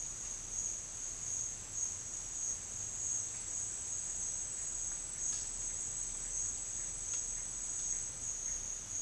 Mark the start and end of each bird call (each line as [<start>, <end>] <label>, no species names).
[8.49, 9.02] bird call